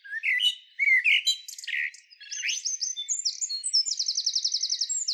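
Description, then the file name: Common blackbird song: brief fluty notes quickly giving way to high scratchy twittering, ending in a fast, even run of repeated thin high notes. "Turdus merula"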